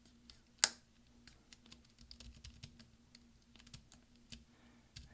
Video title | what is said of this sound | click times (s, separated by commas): RIGHT SHIFT key replacement 13" Macbook Pro 2.4 Ghz 1278 mid-2010 MC374 AC07 | and just kind of push down and roll your fingers. You'll hear lots of snaps. | 0.3 s, 0.6 s, 1.5 s, 2.1 s, 2.4 s, 5.0 s